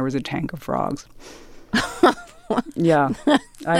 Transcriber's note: laughter